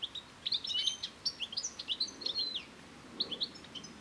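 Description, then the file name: European goldfinch twittering: quick liquid notes in a burst, a short pause, then a final cluster. "Carduelis carduelis"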